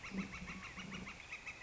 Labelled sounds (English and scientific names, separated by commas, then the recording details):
Northern Flicker (Colaptes auratus)
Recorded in Sonoma County, California